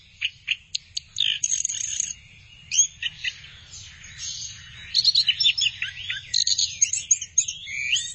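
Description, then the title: Thrush song, a busy medley of high whistles, buzzy trills and sweeping notes, phrases tumbling one after another with short gaps, low hum underneath. "burung anis x"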